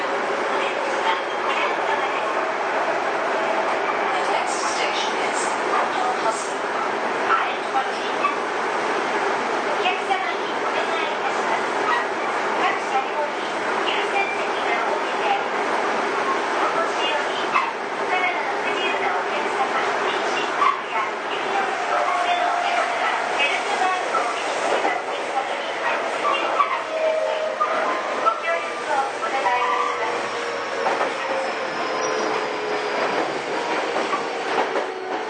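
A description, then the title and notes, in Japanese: Interior of a Toei 6300 series train running between Nishi-Takashimadai and Jinbocho, a steady, dense rumble and hum with no breaks. A faint rising whine drifts through the second half, and scattered clicks and voice-like murmurs sit under the constant noise. 都営6300形 西高島平ー神保町。車体は軽量ステンレス製車体であり、JR東日本の209系車両向けに開発された2シート貼り合わせ工法を採用している。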